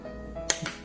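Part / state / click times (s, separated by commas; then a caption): CPU cooler push pin into motherboard mounting hole / seated / 0.5 s. A stock CPU cooler's push pin is pressed diagonally into a motherboard mounting hole. It snaps in with a sharp click at 0.5 s, followed by a softer knock at about 0.7 s. The pin is seated.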